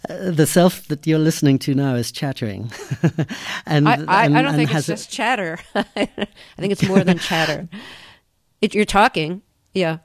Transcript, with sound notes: The self that you're listening to now is chattering and has a...
I don't think this is chatter (laughter). I think it's more than chatter. You're talking, yeah.